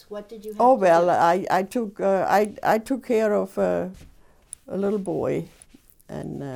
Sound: none

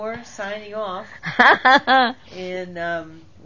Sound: laughing

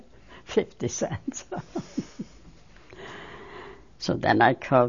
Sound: laughs

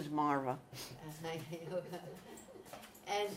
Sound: both laugh

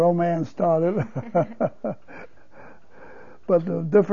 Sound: he laughs

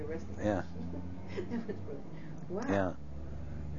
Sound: she laughs

